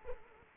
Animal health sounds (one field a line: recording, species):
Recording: mosquito wingbeat signal from an infrared sensor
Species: Culex quinquefasciatus